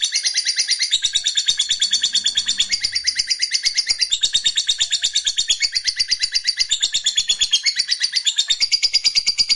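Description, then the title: Lovebird song, a fast unbroken twitter of shrill buzzy notes pouring out in long busy phrases with slight shifts in pitch between sections. Fighter-type lovebird singing energetically and continuously (gacor). "Berkat SUARA Lovebird FIGHTER GACOR Ini"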